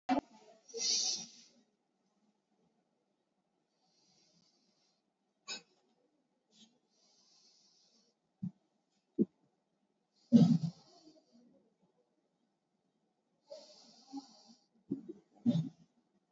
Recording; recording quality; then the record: shallow breathing; excellent, no background noise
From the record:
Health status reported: COVID-19 positive, no symptoms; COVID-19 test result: positive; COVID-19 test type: RT-PCR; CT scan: taken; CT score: 4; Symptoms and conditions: fever, diabetes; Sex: male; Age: 51 years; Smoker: no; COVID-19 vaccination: both doses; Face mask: worn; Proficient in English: yes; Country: India